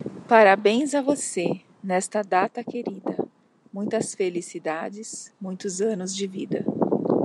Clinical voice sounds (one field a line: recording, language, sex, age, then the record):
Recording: short text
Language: Brazilian Portuguese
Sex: female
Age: 50 to 59 years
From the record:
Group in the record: control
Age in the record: 50 years